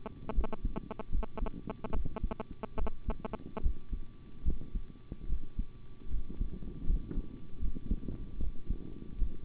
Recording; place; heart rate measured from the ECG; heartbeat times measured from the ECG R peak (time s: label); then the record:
heart sounds by stethoscope; between the tricuspid and mitral areas; 75 bpm
0.33 s: heartbeat
1.10 s: heartbeat
1.91 s: heartbeat
2.76 s: heartbeat
3.61 s: heartbeat
4.43 s: heartbeat
5.27 s: heartbeat
6.09 s: heartbeat
6.85 s: heartbeat
7.59 s: heartbeat
8.38 s: heartbeat
9.16 s: heartbeat
From the record:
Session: rest, sitting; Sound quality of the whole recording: good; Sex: male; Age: 25 years